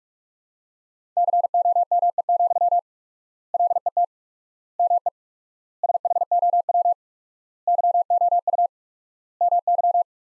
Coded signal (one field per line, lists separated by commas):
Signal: Morse code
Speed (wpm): 46 wpm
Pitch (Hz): 700 Hz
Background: none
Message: COME, LET ME SHOW YOU MY